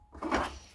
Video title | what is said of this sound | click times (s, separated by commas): Nugget Tear Down ryobi rlt254cdso (WHY NO GO) | but it's just camming out. | 0.2 s